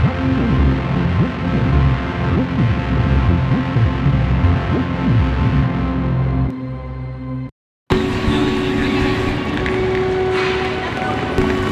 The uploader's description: A synthesised soundscape